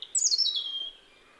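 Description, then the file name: European robin giving a thin, high whistled note that slides downward and fades, against a quiet background. "Erithacus rubecula"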